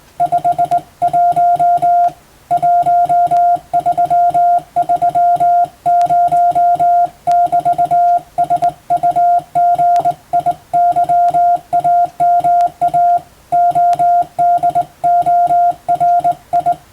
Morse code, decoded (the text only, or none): 51 1330<BT>SUGIYAMA ODORI